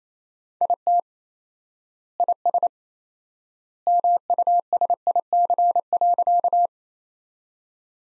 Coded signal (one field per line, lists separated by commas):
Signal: Morse code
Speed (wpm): 28 wpm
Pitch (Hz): 700 Hz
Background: none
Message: IT IS MUSIC.